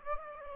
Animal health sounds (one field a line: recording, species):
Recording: mosquito wingbeat signal from an infrared sensor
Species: Aedes aegypti